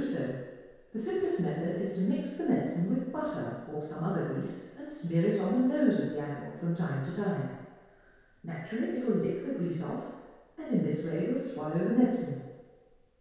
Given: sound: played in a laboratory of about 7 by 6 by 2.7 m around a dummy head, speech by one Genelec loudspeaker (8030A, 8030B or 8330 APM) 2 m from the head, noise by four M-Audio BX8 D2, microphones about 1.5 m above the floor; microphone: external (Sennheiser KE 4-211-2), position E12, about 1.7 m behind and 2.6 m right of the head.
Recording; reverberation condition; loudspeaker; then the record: female speech in English; high; 150 degrees to the right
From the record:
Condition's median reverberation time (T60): about 1300 ms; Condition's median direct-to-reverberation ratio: about -4.0 dB